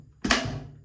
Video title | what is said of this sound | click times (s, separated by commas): Bissell Little Green ProHeat Unboxing and First Cleaning | And it snaps right here. | 0.3 s